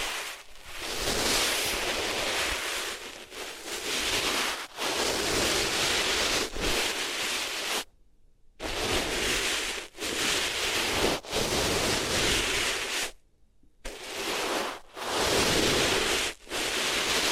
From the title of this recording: Rubbing Your Ears on Different Materials